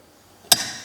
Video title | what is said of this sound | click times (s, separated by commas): KTM & Husqvarna WP Xplor Fork Oil Seal and Bushing | slide it in, and it will click inside. | 0.5 s